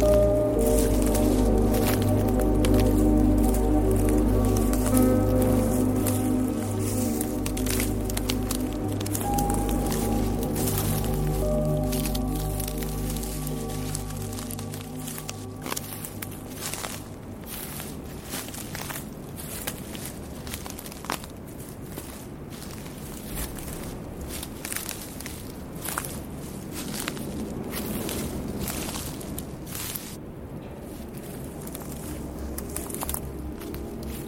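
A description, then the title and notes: Soft sustained music tones hum for the first fifteen seconds, then fade, leaving squishy footsteps crunching steadily over a low rushing wind. 432Hz relaxing music with soothing footsteps and wind sounds.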